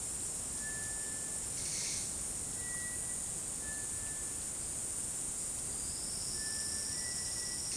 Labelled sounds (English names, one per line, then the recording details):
Cinereous Tinamou
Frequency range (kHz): Cinereous Tinamou 0.7-2.5 kHz
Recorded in secondary vegetation near Puerto Asís, Putumayo, Colombia, on 18 February 2024 at 11:30
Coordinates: 0.468, -76.324
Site G6381